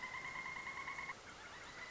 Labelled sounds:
Pileated Woodpecker
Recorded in Sonoma County, California

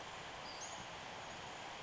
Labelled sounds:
Western Flycatcher
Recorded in Sonoma County, California

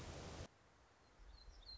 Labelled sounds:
Song Sparrow
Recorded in Sonoma County, California

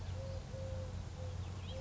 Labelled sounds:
Eurasian Collared Dove
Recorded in Sonoma County, California

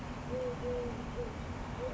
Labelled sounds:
Eurasian Collared Dove
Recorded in Sonoma County, California

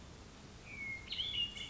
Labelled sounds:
Hermit Thrush
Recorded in Sonoma County, California

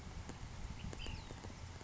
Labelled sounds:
Ash-throated Flycatcher
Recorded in Sonoma County, California

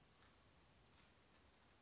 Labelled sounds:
Chestnut-backed Chickadee
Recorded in Sonoma County, California

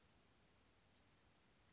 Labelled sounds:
Western Flycatcher
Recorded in Sonoma County, California

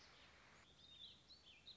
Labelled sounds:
Warbling Vireo
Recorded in Sonoma County, California

